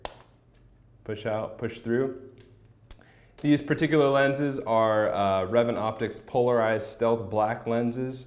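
A sunglasses lens on an Oakley Straight Jacket (1999) frame is pushed out of the plastic frame groove on the second side after the frame is pulled up, giving a sharp pop at 0.0 s as the lens releases. Someone then talks over a quiet background, with another brief sharp transient near 2.9 s before the talking continues.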